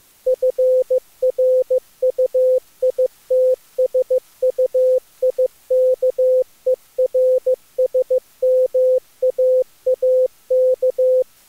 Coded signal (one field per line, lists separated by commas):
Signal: Morse code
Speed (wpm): 23 wpm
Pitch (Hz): 510 Hz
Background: none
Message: FRUITSUIKERSMAAK